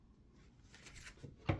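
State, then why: Seated. After charging, a camera module is slid back into its slot in a plastic bird feeder housing. Faint rustling and sliding lead up to one sharp, short click at 1.5 s as the module seats in place.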